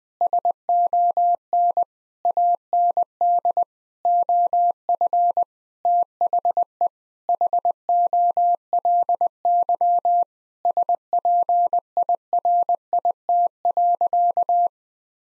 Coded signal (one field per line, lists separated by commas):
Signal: Morse code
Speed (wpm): 20 wpm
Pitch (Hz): 700 Hz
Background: none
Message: SON AND OF THE HOLY SPIRIT.